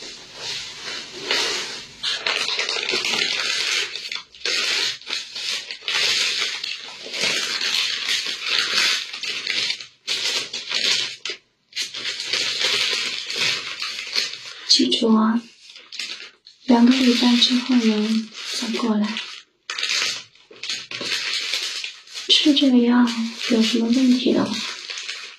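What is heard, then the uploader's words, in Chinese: Medicine is ground into powder with a steady, gritty scraping that runs almost without pause for the first fifteen seconds, broken only by brief stops. After that the grinding comes in shorter bursts, and a voice speaks a few short phrases. 模拟少言寡语的中医问诊抓药开方子捣药碾磨药粉。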